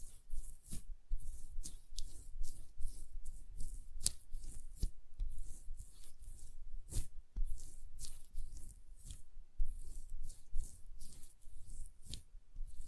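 Quiet hand sounds: soft brushing and rubbing with a steady low rumble underneath. Crisp, bright taps and swishes land irregularly, roughly every half second to second, with sharper clicks near four and seven seconds.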